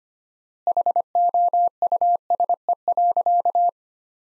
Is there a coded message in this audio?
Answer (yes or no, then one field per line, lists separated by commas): yes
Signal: Morse code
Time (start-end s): 0.7-3.7 s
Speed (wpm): 25 wpm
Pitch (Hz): 700 Hz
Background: none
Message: HOUSE.